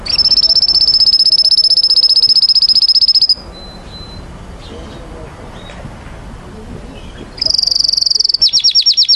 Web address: sounds canary canary-sound